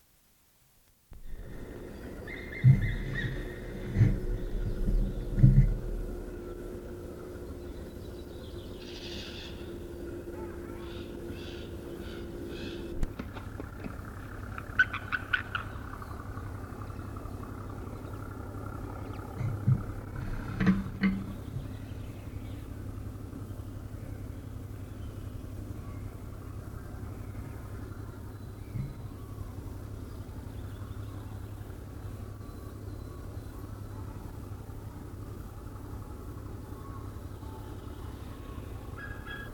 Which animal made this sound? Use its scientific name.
Haliaeetus albicilla